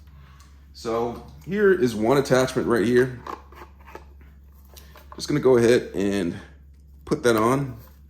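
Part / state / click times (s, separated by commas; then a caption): tool attachment onto stick vacuum body / not seated / none. Someone talks while handling a plastic tool attachment to push it onto the body of a Dyson V10 Animal stick vacuum, with a few faint handling knocks between about 3.5 and 4.7 seconds. The attachment has not yet seated or clicked into place by the end of the clip.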